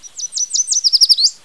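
Yellow warbler song: a quick series of several high, sweet slurred notes, ending with a rising upslur, with no other sounds.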